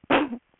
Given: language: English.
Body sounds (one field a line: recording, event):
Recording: throat vibration sensor signal played as sound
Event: cough